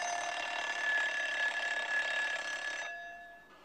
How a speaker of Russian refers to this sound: В квартире звонит будильник.